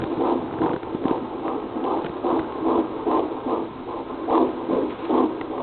Heartbeat.